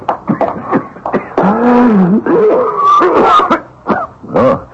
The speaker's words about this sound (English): That's not a good sounding cough, brother.